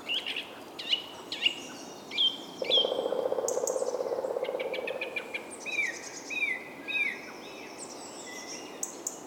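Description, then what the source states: Bird giving repeated whistled notes and chirps, interrupted by a low droning buzz in the middle, then more falling whistles near the end. Soundscape.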